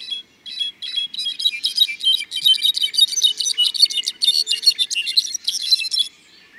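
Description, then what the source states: Brown-backed solitaire song: a fast, high jumble of bright metallic notes tumbling without pause for about six seconds, then stopping. Sparkling song in the cloud forest of the El Triunfo Biosphere Reserve, Chiapas, Mexico.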